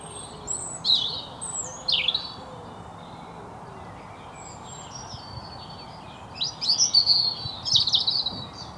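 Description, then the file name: European robin: two isolated high, sharp notes a second apart, then after a pause a rich, rapid phrase of jangling, trilled notes; faint lower whistles in the background. "Erithacus rubecula"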